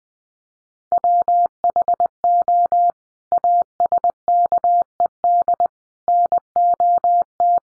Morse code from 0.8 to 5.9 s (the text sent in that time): WHO ASKED